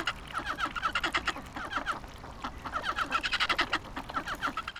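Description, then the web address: Duck flock chatter: many short calls overlapping in rapid pulses, swelling and easing in waves over a constant hiss. Duck on the Abukuma River on 29 November 2025. "nagahata abukuma duck river 20251129"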